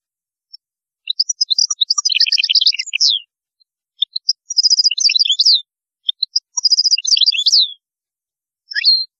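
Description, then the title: European goldfinch song: rapid, liquid twittering phrases of high tinkling notes and slurred trills, in three main bursts separated by short pauses. "Chant Chardonneret"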